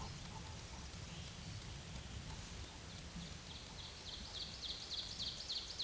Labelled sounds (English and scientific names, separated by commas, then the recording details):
Ovenbird (Seiurus aurocapilla) song
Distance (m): 75 m
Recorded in a Pennsylvania forest on 17 May 2023 at 12:47
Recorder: AudioMoth, point grid1_35_low
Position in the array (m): 184 m, 71 m